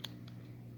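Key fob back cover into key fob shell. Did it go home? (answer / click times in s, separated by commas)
no / none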